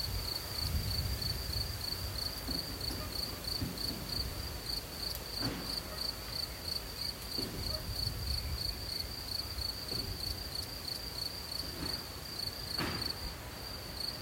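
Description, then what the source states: Crickets chirping in a steady high pulsing trill, with wind noise rumbling low and a few brief louder knocks. Crickets in a forest with wind.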